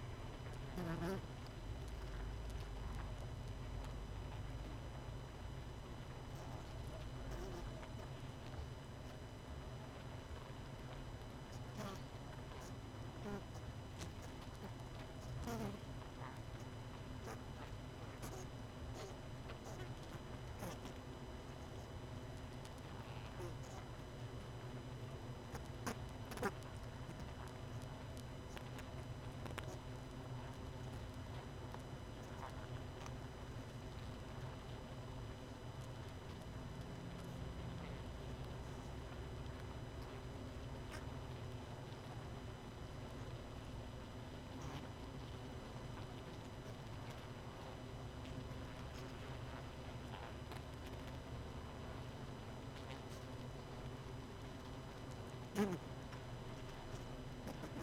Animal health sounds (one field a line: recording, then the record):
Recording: honeybee colony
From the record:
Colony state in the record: missing queen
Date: 31 May 2018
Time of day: 19:58